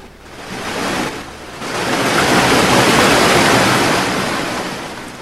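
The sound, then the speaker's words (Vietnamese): A massive 30-metre wave crashes down on a snake-shaped boat in a broad roar of churning water, surging after a brief dip and holding loud for several seconds before slowly easing off, with no voices. “Sau tiếng nổ lớn ván trời dậy đất, dư âm một hồi lâu vẫn còn chưa tan hết.”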